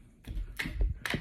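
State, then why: Not seated. A weapon-mounted light is fitted onto the accessory rail of a compact 9SE pistol, making a few short taps and knocks around 0.3, 0.6, 0.8 and 1.1 s, the loudest near 0.6 and 1.1 s. The light sits on the gun, but the latch does not catch, so it has not clicked into place.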